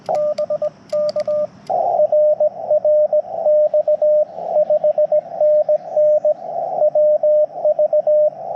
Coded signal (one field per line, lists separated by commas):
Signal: Morse code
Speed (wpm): 21 wpm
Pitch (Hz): 600 Hz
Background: radio noise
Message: BK RR X 5NN WV